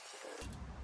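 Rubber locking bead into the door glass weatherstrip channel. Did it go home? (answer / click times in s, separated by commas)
no / none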